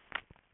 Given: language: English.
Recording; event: throat vibration sensor signal played as sound; swallow